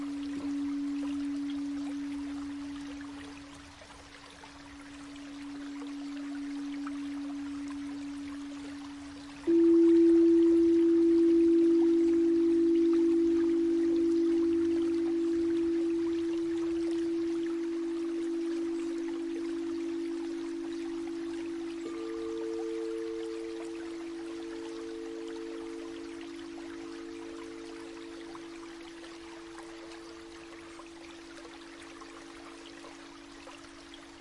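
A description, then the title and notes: Crystal singing bowls hold long, pure low tones that overlap, with a louder new bowl struck near ten seconds and a higher one joining later. 水晶與自然之音｜冥想音樂｜Crystal Singing Bowls Healing Sound. 水晶缽.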